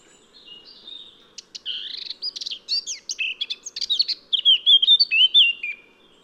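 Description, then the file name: Eurasian blackcap singing a fast, jumbled warble of sharp chips and twitters that ends in a louder, clear, fluting whistled phrase. "Sylvia atricapilla"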